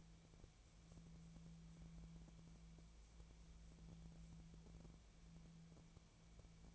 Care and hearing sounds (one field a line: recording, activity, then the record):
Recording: daily activity, microphone in the room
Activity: wipe stove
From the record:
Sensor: 1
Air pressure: 1000.5 hPa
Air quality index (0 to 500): 183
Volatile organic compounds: 4 ppm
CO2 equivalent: 1683 ppm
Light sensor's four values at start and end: 14/33/14/16 and 14/33/14/16